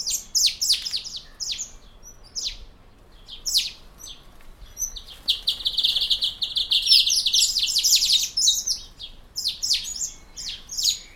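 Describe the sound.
Honeyeater calls: quick high chips and chatter, then a sustained buzzy trilling run midway, followed by more scattered sharp notes.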